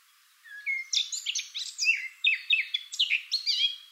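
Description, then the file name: Eurasian blackcap song: a couple of lower whistled notes lead into a lively, rhythmic warble of bright, quickly changing notes. "Sylvia atricapilla"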